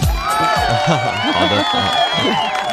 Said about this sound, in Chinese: 好的， 好掌声啊！